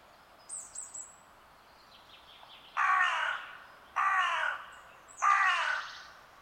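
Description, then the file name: Carrion crow giving three harsh caws about a second apart, preceded by faint high chirps from another bird. "Corvus corone"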